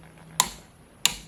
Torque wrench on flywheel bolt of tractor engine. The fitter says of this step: Hear that click?